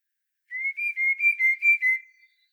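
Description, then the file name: Common blackbird whistling several evenly spaced, pure mellow notes at an almost steady pitch, then a fading tail, with a quiet background. "Turdus merula"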